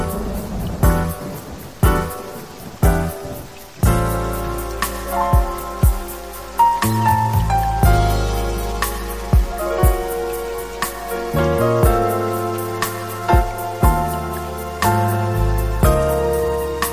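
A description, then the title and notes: Smooth jazz with warm sustained chords and a soft bass line, steady drum hits landing about once a second, denser rushing sound opening it. Cloud Jazz Sessions Nº 1: Smooth Jazz & Rain.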